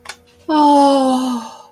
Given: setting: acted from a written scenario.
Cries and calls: vocal sound without words; awe

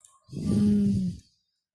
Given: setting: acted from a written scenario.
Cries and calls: vocal sound without words; desire

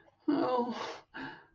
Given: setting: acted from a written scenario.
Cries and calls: vocal sound without words; guilt

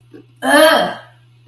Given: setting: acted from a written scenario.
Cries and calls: vocal sound without words; anger

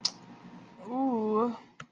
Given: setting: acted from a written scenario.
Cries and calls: vocal sound without words; desire

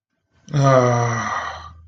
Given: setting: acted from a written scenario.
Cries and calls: vocal sound without words; sympathy

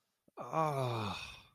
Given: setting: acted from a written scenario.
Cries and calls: vocal sound without words; disappointment

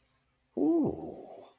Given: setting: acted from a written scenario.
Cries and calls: vocal sound without words; awe

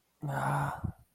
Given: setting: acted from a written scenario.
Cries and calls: vocal sound without words; distress

